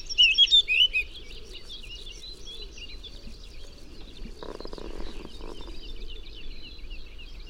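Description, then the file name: Eurasian blackcap: short, loud burst of fluty warbling at the start, then only faint twittering and a brief rustling noise in the middle. "Sylvia atricapilla"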